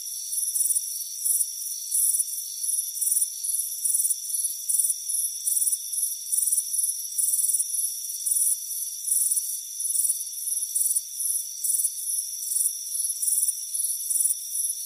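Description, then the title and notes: Fast, tightly spaced cricket chirps run almost continuously, shrill and pulsing, on top of a persistent high hum. Crickets chirping on a warm afternoon by a front porch. "Soothing Crickets Chirping Sound. It's a warm afternoon as you relax in a hammock on the front porch. Relax and fall asleep to the soothing sound of chirping crickets. Deep Sleep Sounds"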